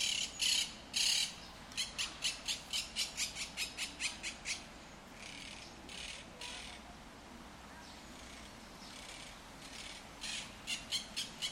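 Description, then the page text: Monk parakeet harsh squawks begin loud, run into a quick even series, fade to faint chatter, then return in a short burst at the end. Urban population in El Retiro park, Madrid, Spain, which holds Europe's largest monk parakeet population. "Cities and Memory - remixing the world. Monk parakeets in Madrid. Madrid has the greatest population of Monk Parakeets in Europe, many of whom can be seen and heard in the El Retiro park"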